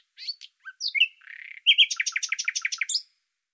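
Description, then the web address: Bird song: varied chirps and slurred notes, then a brief buzz, ending in a rapid run of bright repeated notes. "Deverinetal 2025"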